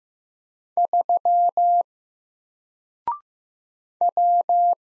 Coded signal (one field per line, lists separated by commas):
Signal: Morse code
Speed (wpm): 15 wpm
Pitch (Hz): 700 Hz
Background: none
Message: 3 W